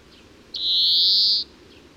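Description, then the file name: European greenfinch drawn-out buzzy 'dzweee', a single nasal note nearly a second long, over a quiet background. "Chloris chloris"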